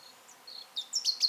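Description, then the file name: European robin singing thin, level whistles followed by several very high, sharp, squeaky notes in quick succession, without other sounds. "Erithacus rubecula - European Robin"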